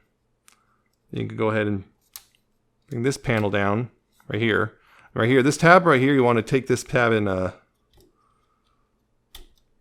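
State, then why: Seated. Someone talks while handling a Nemesis Transforms Masterpiece MP-50 Tigatron transforming robot figure, opening a plastic panel tab all the way. Near the end, after the talking stops, a short sharp click at 9.4 s marks the tab seating into place.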